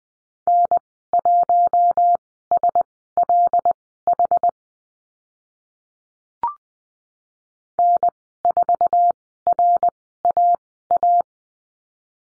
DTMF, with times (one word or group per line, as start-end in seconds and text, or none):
none